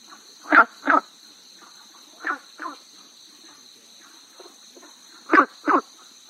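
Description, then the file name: Günther's brown frog calls as short croaking notes, mostly in close pairs, with quieter calls between; a steady high hum runs throughout. "gunthers brown frog"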